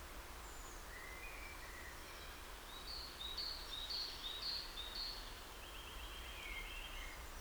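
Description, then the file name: Eurasian nuthatch calls: about five short, high, piping notes in an even series, over steady background hiss with a few faint chirps. "Sitta europaea"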